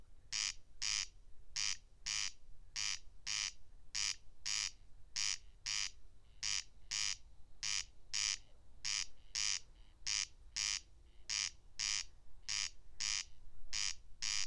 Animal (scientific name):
Crex crex